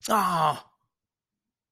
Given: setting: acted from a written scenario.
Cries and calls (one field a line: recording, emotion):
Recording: vocal sound without words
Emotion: disappointment